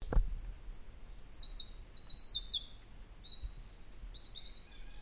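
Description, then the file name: Eurasian wren song, a loud sustained stream of sharp high notes and rattling trills, with a brief low thump near the start. "Troglodytes troglodytes"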